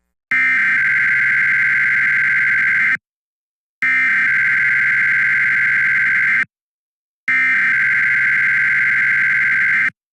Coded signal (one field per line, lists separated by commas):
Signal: Emergency Alert System (SAME) tones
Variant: header bursts